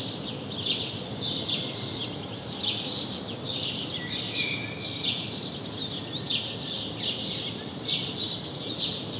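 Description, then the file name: House sparrow calling with a string of sharp chirps, spaced irregularly under a steady background hiss. "Passer domesticus"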